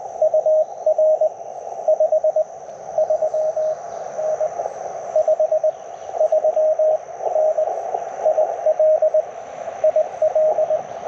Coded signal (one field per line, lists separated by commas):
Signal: Morse code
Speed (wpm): 21 wpm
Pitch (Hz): 590 Hz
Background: none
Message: UR 53N 53N IL IL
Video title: Morning Morse Code - 06/17/2025